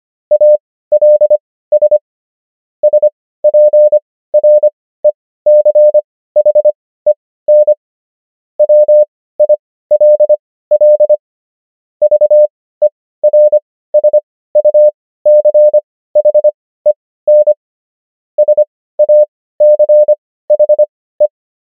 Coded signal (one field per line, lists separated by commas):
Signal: Morse code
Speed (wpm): 25 wpm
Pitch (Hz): 600 Hz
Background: none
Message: ALS SPRECHEN WILL VERSUCHEN SACHE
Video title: morse Übung | 25wpm | 16fw | 500 häufigsten Wörter | DEUTSCH